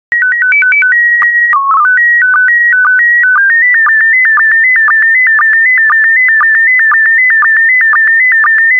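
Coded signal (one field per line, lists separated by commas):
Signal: SSTV (slow-scan television)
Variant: PD 120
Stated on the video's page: SSTV in PD120 mode sending still photographs.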